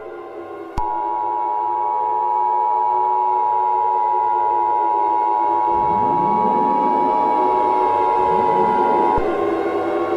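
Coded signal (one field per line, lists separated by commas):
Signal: Emergency Alert System (SAME) tones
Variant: 853 and 960 Hz attention tone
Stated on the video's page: Fictional EAS scenario, South Park themed.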